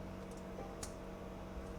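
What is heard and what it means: One of the two plastic waist clasps on a small-scale Transformers NA Arcee figure is pushed home during its transformation, so the waist looks better. Over a steady low hum, a single short, sharp click is heard at 0.8 s as the clasp snaps in and seats.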